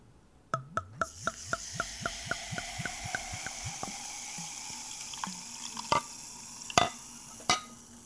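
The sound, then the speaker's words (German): A cheap cola-like soft drink glugs out of a bottle into a glass, a quick run of rhythmic gurgles that gradually slows, followed by a fizzy hiss and a few sharp clinks. No one speaks. “Mindestens halber bis Ende, keine Ahnung was, ich gieße ein.”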